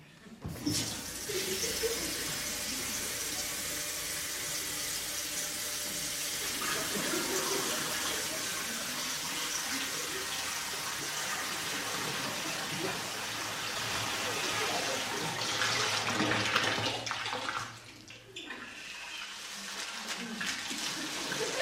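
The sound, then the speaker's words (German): Water pours steadily into a bathtub, a loud, continuous rushing hiss that holds for about twenty seconds, briefly dipping and surging again near the end. “Ich lasse jetzt das Wasser ein.”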